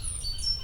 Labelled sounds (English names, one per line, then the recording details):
Stitchbird song
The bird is a male
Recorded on Tiritiri Matangi Island, New Zealand, in 2005
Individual 7, of nest box 9